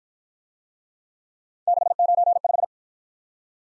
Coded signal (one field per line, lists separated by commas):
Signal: Morse code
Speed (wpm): 55 wpm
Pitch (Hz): 700 Hz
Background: none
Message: 695